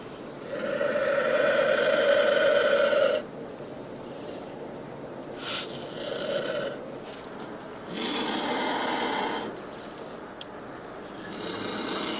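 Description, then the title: American black vulture hissing and rasping: coarse, breathy, buzzy bursts, several separate bouts of about a second or longer with pauses between. Sound presented as the American black vulture, or zopilote, singing, offered as a call for attracting vultures. "Pavanegra. Buitre Negro Americano o Zopilote Cantando Sonido para Llamar"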